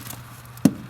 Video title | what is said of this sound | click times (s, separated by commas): 2003-2007 Honda Accord No Heat Driver Side Part 2 | there we go. It's locked into place. | 0.6 s